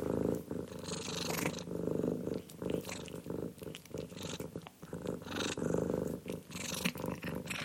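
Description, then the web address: Domestic cat purring steadily in a low rumbling drone, broken by crunchy clicking and chewing noises of eating throughout. Domestic cat purring while eating pet food. "zvuci na hrana za domasni lubimci kotka mrka i ade hrana"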